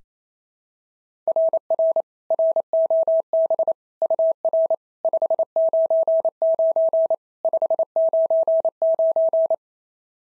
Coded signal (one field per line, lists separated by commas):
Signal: Morse code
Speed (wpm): 25 wpm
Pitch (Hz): 650 Hz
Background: none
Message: RR ROB UR 599 599